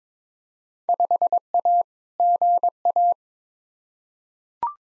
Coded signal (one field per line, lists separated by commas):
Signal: Morse code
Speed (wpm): 22 wpm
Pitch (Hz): 700 Hz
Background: none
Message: 5A GA